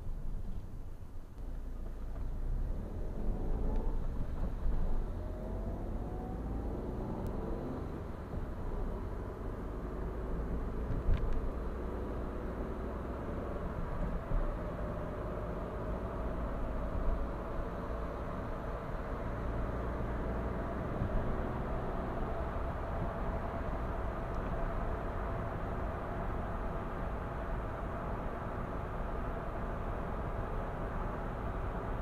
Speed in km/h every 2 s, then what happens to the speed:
11, 12, 21, 31, 39, 47, 53, 57, 61, 62, 64, 71, 72, 74, 75, 76.
2-32 speeds up to 76.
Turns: none.